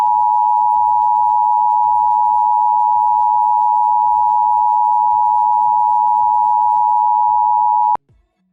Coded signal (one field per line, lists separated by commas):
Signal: Emergency Alert System (SAME) tones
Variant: 853 and 960 Hz attention tone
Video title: VioletStudio CONCEPT #1: SOFTWARE EAS RELAYS